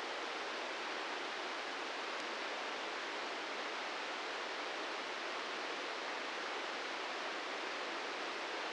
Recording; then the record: brain microelectrode recording played as sound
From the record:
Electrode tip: inside the subthalamic nucleus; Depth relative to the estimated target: -4 mm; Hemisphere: left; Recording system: NeuroSet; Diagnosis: Parkinson's disease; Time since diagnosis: 13 years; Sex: male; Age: 66 years